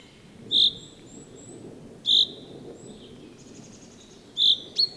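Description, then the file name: Common chaffinch calling with brief, bright single notes, four spaced irregularly, with a faint trill and low background noise. "Fringilla coelebs"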